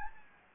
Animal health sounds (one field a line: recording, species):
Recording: mosquito wingbeat signal from an infrared sensor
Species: Anopheles gambiae